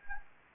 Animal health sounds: mosquito wingbeat signal from an infrared sensor; Anopheles gambiae

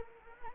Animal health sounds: mosquito wingbeat signal from an infrared sensor; Anopheles arabiensis

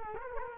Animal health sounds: mosquito wingbeat signal from an infrared sensor; Culex quinquefasciatus

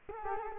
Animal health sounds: mosquito wingbeat signal from an infrared sensor; Culex quinquefasciatus

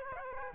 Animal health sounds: mosquito wingbeat signal from an infrared sensor; Aedes aegypti

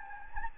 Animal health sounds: mosquito wingbeat signal from an infrared sensor; Anopheles gambiae

